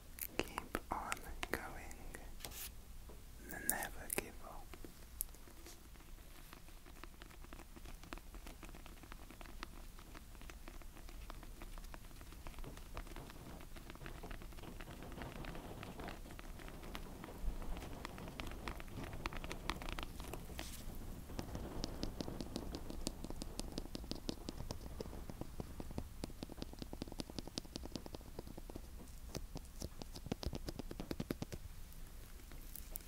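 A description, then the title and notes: Tapping and scratching, a dense patter of small clicks and taps running the whole time like rain on a surface. Louder knocks cluster near the start, around four seconds, and again near twenty and thirty seconds, with a low rumble underneath throughout. Tapping & Scratching.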